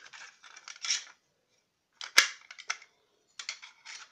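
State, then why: Seated. Small metal windscreen plates are pushed into slots on a solid-fuel camping stove so they lock in place. Bursts of scraping and rattling metal surround a single loud, sharp click at 2.2 s, when a plate seats, followed by further light metallic clatter.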